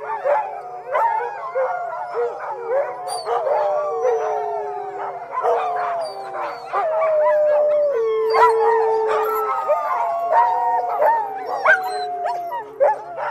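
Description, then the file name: Dogs howling together, several long wavering tones overlapping and sliding up and down, with occasional short, sharp sounds mixed in. "zvuki s voem sobaki"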